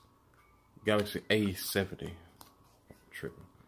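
A glass camera lens protector for the triple rear camera of a Galaxy A70 smartphone is handled before being pressed onto the phone's rear camera. Someone talks over faint handling noise, with a short sharp tick near 2.4 s. Nothing has seated or clicked yet.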